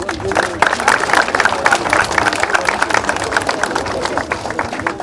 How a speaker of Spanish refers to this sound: estamos en una actividad muy importante, el acto de inauguración de la avenida Incahuasi, y vamos a mostrarle todo el cariño que le tenemos a nuestra alcaldesa por este tipo de obras que se está realizando. La vamos a despedir con un fuerte aplauso.